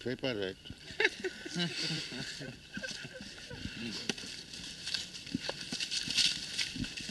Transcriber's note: laughter